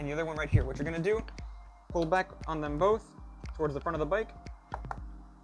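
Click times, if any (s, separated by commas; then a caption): 4.7 s, 4.9 s. Someone talks while the two plastic retaining tabs holding the air filter in the airbox of a KTM Duke 390 motorcycle are pulled back toward the front of the bike. Two sharp clicks at 4.7 s and 4.9 s mark the tabs clicking open, releasing the air filter.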